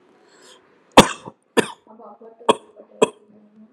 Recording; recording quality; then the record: heavy voluntary cough; excellent, no background noise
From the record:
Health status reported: healthy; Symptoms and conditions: none ticked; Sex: male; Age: 32 years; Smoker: not ticked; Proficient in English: yes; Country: India